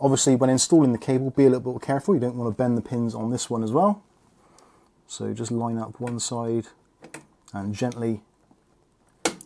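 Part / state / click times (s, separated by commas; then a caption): internal USB 3.0 header cable connector onto card pin header / seated / 9.3 s. An internal USB 3.0 header cable connector is lined up on one side and rocked onto the pin header of an expansion card while someone talks. Faint handling noises follow a pause. A sharp click at 9.3 s marks the connector seating on the header.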